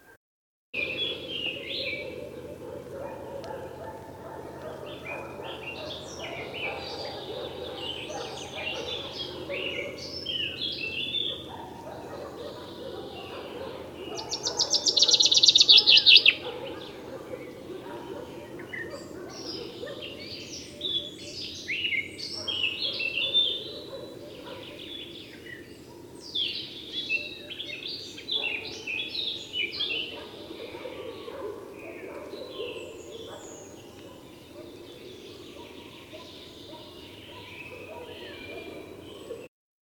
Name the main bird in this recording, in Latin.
Fringilla coelebs